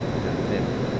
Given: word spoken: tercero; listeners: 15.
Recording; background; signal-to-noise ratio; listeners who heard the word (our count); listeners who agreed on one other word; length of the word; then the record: one Spanish word in noise, from a listening test; speech-shaped noise; -7.0 dB; 0 of 15; 7 of 15; 0.60 s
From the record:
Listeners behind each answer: 7, 2, 1, 1, 1, 1, 1, 1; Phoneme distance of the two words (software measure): 41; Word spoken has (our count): 3 syllables, 7 phonemes, stress on syllable 2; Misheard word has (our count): 2 syllables, 6 phonemes, stress on syllable 2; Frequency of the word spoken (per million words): 37.72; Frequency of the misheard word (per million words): 44.80